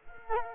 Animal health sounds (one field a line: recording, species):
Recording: mosquito wingbeat signal from an infrared sensor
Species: Culex quinquefasciatus